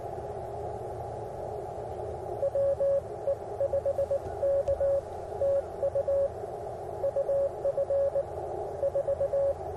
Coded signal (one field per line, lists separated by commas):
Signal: Morse code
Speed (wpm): 19 wpm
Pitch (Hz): 560 Hz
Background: radio noise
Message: WE5K TU UF 4